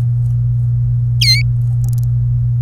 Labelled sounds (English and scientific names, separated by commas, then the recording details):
Domestic Canary (Serinus canaria) song
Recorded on 24 April 2018 at 16:33
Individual llb3